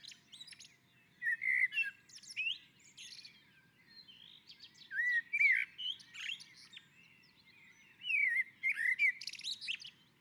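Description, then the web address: Common blackbird song in several phrases: mellow slurred whistles mixed with busy, scratchy high twittering. On a roof. "Naturinspelningar Koltrast på taket"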